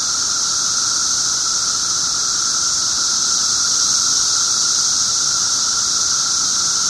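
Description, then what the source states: Periodical cicadas chorusing, a constant loud shrill wash of sound holding level without pause, with a lower steady drone underneath. 17-year cicadas, recorded 18 June 2007 at 1:00 pm.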